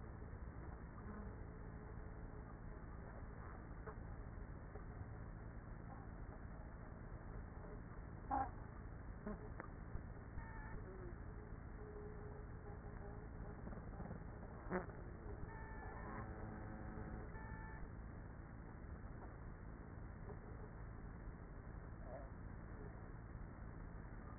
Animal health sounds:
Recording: honeybee colony, microphone inside the hive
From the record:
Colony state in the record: queenless with a low population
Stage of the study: after two queens were removed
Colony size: about 30,000 bees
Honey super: no

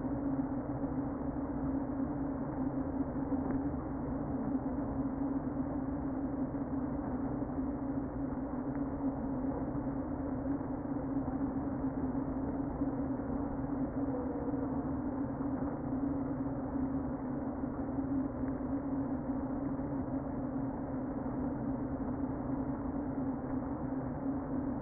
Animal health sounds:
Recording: honeybee colony, microphone inside the hive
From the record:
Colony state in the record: queen present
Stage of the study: before two queens were removed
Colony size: about 60,000 bees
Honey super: yes

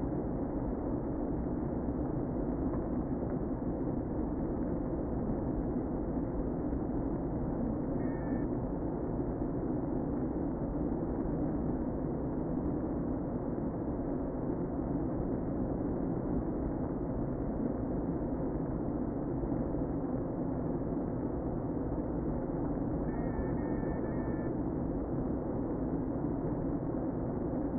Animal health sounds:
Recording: honeybee colony, microphone inside the hive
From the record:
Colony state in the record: queen present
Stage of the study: before two queens were removed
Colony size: about 60,000 bees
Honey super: yes

